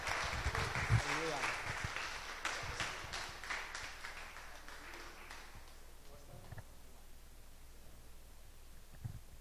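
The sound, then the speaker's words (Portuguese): An audience at a worship service breaks into applause in praise of God, dense clapping loudest at first and gradually thinning out over several seconds, with a few voices mixed in and scattered claps lingering at the end. “Em nome de Jesus, e quem recebe, dá um glória a Deus e aplauda esse Pai de amor, de graça, de harmonia.”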